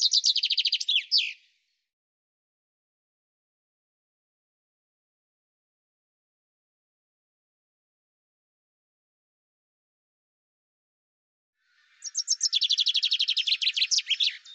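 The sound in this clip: Common chaffinch singing: the end of one phrase, then a long silence, then another full song of rapid, clipped notes.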